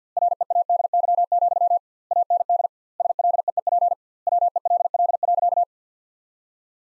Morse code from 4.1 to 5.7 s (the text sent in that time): WELL.